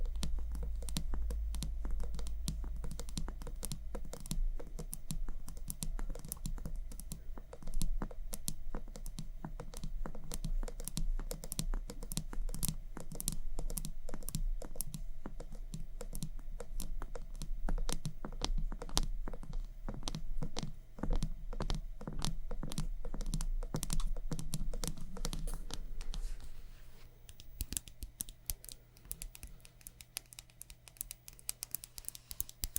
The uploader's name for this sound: ASMR Makeup Triggers For Sleep Tapping, Scratching